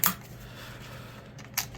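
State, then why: Seated. During reassembly of a Mosin Nagant M44 bolt-action carbine, a metal rifle part is pushed down into the assembly until it pops into place. Sharp metallic clicks are heard at about 0.0 s and 1.6 s, with a fainter tick near 1.8 s and a quiet background in between. The part is seated.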